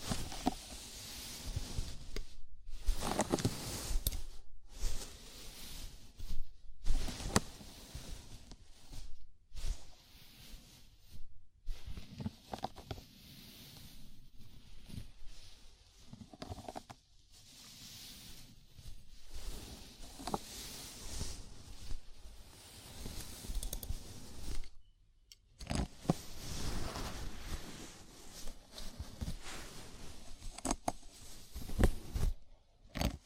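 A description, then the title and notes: Scalp massage, with fingers rubbing and scratching through hair in a dense, uneven rustle that swells and eases. Short silences break it up, near 2, 5, 10, 12 and 25 seconds. Soft crackles and brief brushing strokes keep shifting, with no steady rhythm. ASMR Sleepy Scalp Massage (No Talking).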